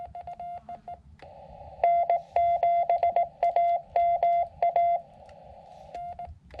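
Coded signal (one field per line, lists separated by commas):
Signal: Morse code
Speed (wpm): 17 wpm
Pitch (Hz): 2050 Hz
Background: none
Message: N7AMA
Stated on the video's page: Summits on the Air activation on a Sonoran Desert summit.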